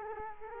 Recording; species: mosquito wingbeat signal from an infrared sensor; Culex quinquefasciatus